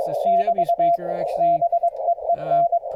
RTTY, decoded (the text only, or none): none